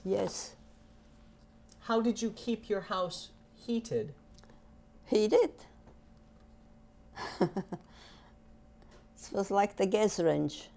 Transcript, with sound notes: Yes.
How did you keep your house heated?
Heated? (she laughs) It was like the gas range.